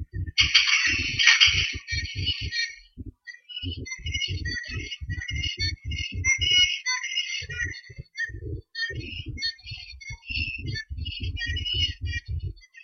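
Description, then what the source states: Bird singing a busy twittering, chattering warble in broken bursts, with a loud rhythmic low pulsing sound throughout and a few brief pauses. Blayney, 2013.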